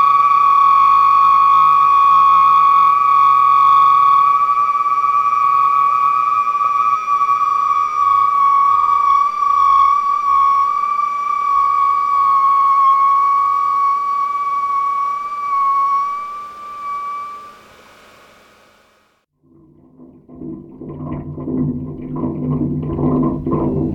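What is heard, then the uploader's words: A railroad switch gas-jet flute holds a steady, piercing whistle with bright overtones for eighteen seconds, fades to silence, then low rumbling bursts follow. The Extraordinary Sound of the Railroad Switch Gas-jet Flute. Switch de-icing mechanism on the railroad tracks between King Street and Woodmont Road in Northampton, MA, recorded Winter 1998-99 by Dan Bodah.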